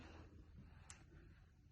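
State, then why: Seated. A blood pressure cuff's tubing connector is pushed into the long extension tube that comes with an ambulatory blood pressure monitor. Over a low, steady background rumble, a single sharp, short click sounds at 0.9 s. The connector snaps into place and is seated.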